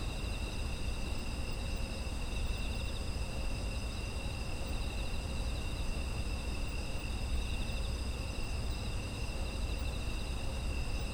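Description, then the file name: Insects keeping up a ceaseless chorus of high trills at several pitches, some faintly pulsed, over an even low rumble. Autumn insect environmental ambience. "秋の虫の環境音"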